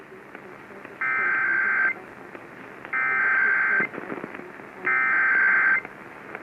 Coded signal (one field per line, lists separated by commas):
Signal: Emergency Alert System (SAME) tones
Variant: header bursts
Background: speech